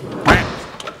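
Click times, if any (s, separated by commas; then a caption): none. The sliding door of a VW T4 van is slid shut against the body striker, giving a heavy thump at about 0.3 s, followed by two faint short ticks near 0.8 and 0.9 s. The latch does not catch, and the door stays unlatched with nothing having clicked into place.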